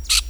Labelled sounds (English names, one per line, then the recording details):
Brown-throated Parakeet contact call
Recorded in Venezuela
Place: Tumeremo, Edo. Bolivar; Camino de tierra entre el Frio y el fundo Atenas. Fundo San Ramon
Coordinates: 7.414, -61.558